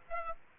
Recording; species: mosquito wingbeat signal from an infrared sensor; Aedes aegypti